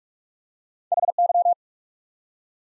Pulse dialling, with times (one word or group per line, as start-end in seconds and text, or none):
none